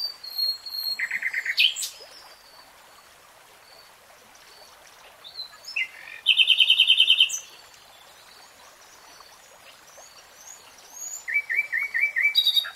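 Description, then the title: Nightingale song in separate bursts: a rattling phrase, quiet high twitters, a loud dense churring trill, then a run of quick repeated notes. Nightingale singing in real time. "[Tiếng chim hót] REALTIME Nightingale Singing"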